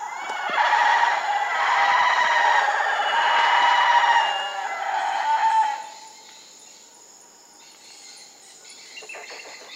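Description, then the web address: Black-faced spider monkey calls: a sustained, wavering harmonic whine of about five seconds, then quieter background with faint chirps and a continuous high-pitched hum. South American rainforest primate. "Natures Songs S America Primates of the Rainforest Black-faced spider monkey"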